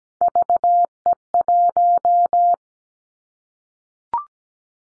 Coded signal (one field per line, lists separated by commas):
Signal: Morse code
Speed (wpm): 17 wpm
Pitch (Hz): 700 Hz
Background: none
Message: VE1